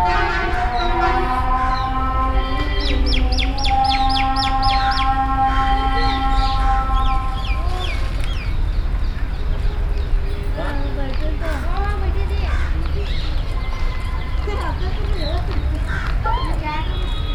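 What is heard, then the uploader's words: A muezzin's long, wavering call holds steady for eight seconds over a low hum, with bright chirps early and scattered bird calls later. Bijapur.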